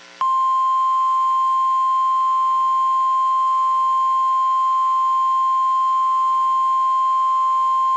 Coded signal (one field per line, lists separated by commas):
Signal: Emergency Alert System (SAME) tones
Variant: 1050 Hz attention tone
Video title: [MILESTONE] SVR for parts of Tennessee (EAS 100!!!!!!!!!!!)